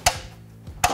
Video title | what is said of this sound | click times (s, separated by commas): King Kombo Industrial And Technical Demo | as you rotate these back legs against the ladder you're going to hear them relock | 0.1 s, 0.8 s